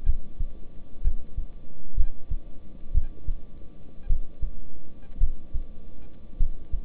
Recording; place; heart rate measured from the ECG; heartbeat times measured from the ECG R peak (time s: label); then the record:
heart sounds by stethoscope; between the tricuspid and mitral areas; 57 bpm
0.04 s: heartbeat
1.02 s: heartbeat
1.95 s: heartbeat
2.92 s: heartbeat
4.07 s: heartbeat
5.18 s: heartbeat
6.37 s: heartbeat
From the record:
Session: rest, lying down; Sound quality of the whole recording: good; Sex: male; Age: 26 years